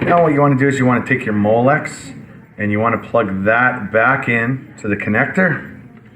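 Someone talks while preparing to push the plastic molex plug of the fan motor back into its mating connector in the housing of a WhisperGreen Select FV-0511VKS2 series bathroom exhaust fan during maintenance. Only speech is heard, and the plug has not clicked or seated yet when the clip ends.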